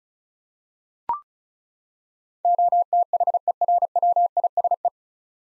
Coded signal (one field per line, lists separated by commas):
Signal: Morse code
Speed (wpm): 34 wpm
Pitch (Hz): 700 Hz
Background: none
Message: OTHERWISE